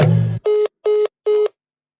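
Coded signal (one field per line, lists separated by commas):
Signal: none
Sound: beeps within a music track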